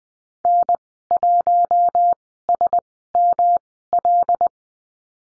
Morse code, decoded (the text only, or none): N1SML